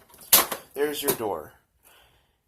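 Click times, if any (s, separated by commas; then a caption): 0.3 s, 0.5 s. On a Nerf Rival Prometheus foam-ball blaster, the plastic ammo hopper is pulled out after its latch, which is the tac rail, is released. A sharp, loud snap at 0.3 s is followed by a smaller knock at 0.5 s, and the hopper latch releases. Someone then talks.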